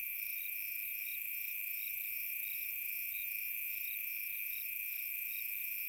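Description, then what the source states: Crickets trilling steadily, high pulsed chirps recurring in an even rhythm over a constant high-pitched background whine. Summer night.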